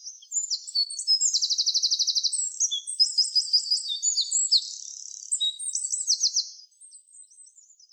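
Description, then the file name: Eurasian wren song of shrill, rapid trills and tinkling notes, pouring out for over six seconds, then a few faint high notes. "Troglodytes troglodytes"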